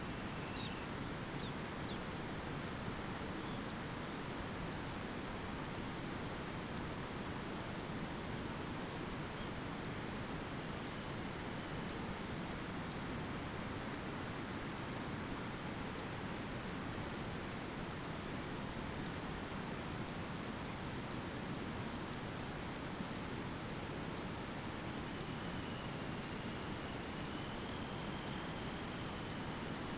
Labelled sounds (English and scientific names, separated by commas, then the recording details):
Dunlin (Calidris alpina), unidentified sound
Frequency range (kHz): Dunlin (Calidris alpina) 2.0-4.6 kHz
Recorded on Arctic tundra, site ZACK-1, on 15 June 2019
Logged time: 21:49